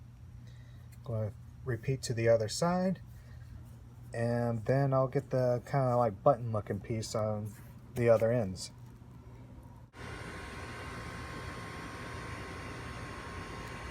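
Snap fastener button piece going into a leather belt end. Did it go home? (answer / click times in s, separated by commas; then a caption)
no / none. Someone talks while positioning the button-like pieces of a metal snap fastener on the ends of a leather belt, lining them up so they will snap together the right way before hammering them in. After the talking stops around 10 seconds, a steady broadband hiss continues to the end. Nothing has seated or clicked yet.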